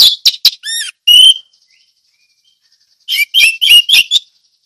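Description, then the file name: Orange-headed thrush giving sharp chirps and buzzy notes, a pause of over a second, then a fresh burst of whistled and scratchy notes. Ngeplong song style. "anis merah ngeplong"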